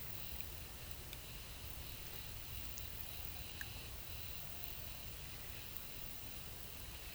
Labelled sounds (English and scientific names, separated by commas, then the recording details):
none
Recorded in pastures near Puerto Asís, Putumayo, Colombia, on 22 December 2024 at 11:00
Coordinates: 0.486, -76.323
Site GP01